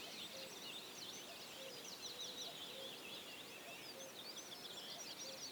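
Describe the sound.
Common whitethroat singing a dense, scratchy warble of high notes, with several brief low tonal whistles in the background.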